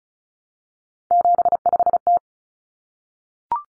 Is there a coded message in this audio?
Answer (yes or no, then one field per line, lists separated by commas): yes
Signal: Morse code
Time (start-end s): 1.1-2.2 s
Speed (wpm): 34 wpm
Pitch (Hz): 700 Hz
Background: none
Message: 75T